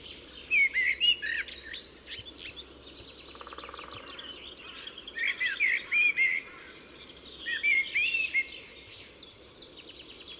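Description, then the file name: Common blackbird giving short whistled phrases in three bursts, with softer high twittering around them. "Turdus merula"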